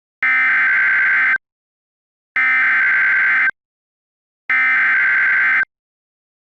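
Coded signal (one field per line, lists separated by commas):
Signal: Emergency Alert System (SAME) tones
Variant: header bursts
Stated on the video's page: Simulated EAS scenario.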